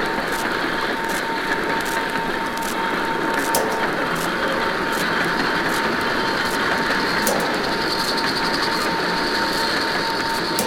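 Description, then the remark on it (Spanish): A train rushes past at night in a steady, loud roar, with regular sharp clacks ticking through the rumble like wheels over rail joints. No voices are heard. “trenes desatados contra la noche. Furiosos en la oscuridad.”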